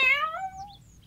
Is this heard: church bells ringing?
no